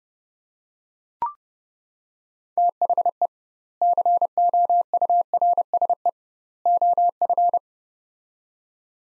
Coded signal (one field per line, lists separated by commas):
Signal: Morse code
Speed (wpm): 32 wpm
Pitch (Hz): 700 Hz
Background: none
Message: THE COURSE OF